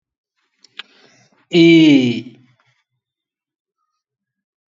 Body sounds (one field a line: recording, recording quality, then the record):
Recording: sustained vowel as in beet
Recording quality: excellent, no background noise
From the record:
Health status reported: respiratory illness, not identified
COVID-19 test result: negative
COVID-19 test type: RT-PCR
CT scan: not taken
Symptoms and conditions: cold, asthma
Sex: male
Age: 23 years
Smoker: no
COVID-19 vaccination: one dose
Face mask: not worn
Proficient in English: yes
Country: India